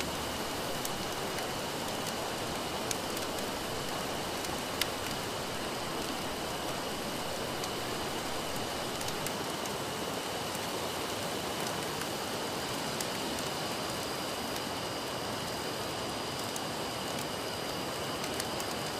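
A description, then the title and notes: A steady, dense rushing hiss, like a river in the distance mixed with wind in the trees, holds an even level throughout. Occasional sharp crackles from a fire pop out, near 3, 5, 13 and 18 seconds, and a faint high whine runs underneath. Camping Without The Tent. You have a river in the distance, a crackling fire that you don't have to worry about putting out, a soft wind blowing through the trees.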